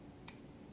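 After a new rubber hop-up seal is fitted on an airsoft gas pistol, the plastic hop-up housing is closed onto the barrel assembly. A single sharp, short tick at 0.3 s marks the hop-up unit clicking shut and seating over a low background hum.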